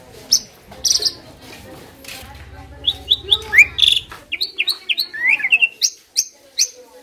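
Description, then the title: Asian pied starling song: varied sharp chirps, whistles and upslurred notes delivered in fast irregular runs, with brief low buzzing in the middle. Training recording for songbirds that sing too little or are sluggish. "Masteran Jalak Suren Atasi Burung KURANG GACOR Dan LOYO"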